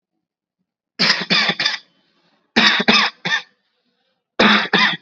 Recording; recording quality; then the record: shallow voluntary cough; excellent, no background noise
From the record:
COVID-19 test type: RT-PCR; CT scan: not taken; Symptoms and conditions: cough, sore throat, fever, fatigue, muscle pain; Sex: male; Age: 21 years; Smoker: no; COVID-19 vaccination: both doses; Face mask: worn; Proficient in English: yes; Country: India